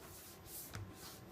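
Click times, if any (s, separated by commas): 0.8 s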